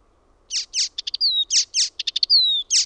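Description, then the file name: Icterine warbler song: harsh notes alternating with quick clicks and long descending whistles, delivered rapidly and varied. "KULTARINTA"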